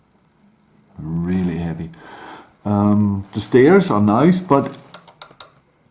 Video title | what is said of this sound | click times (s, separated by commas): Panlos 613002 - The Lunatic Hospital - Assembly Part 1 | these bars here won't click in to the mechanic tool here | none